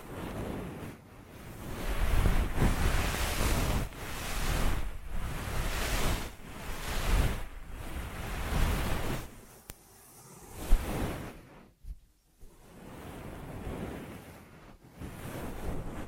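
Ear massage sounds: soft, rushing rubs that swell and fade in a steady rhythm, about one stroke every second or two. The strokes are full and hissy with a low muffled thump underneath. Around eleven to twelve seconds they pause briefly, with a small click just before.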